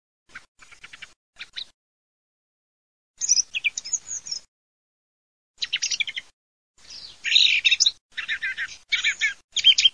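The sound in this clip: Thrush song: bursts of varied, high chirping and whistled phrases separated by short pauses, growing louder and denser toward the end.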